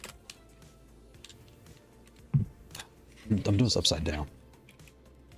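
A USB cable plug is handled at the locking port of a leverless controller turned upside down, with small taps and handling noises as the plug is lined up. Someone talks briefly in the middle of the clip. Nothing has seated or clicked into the lock yet.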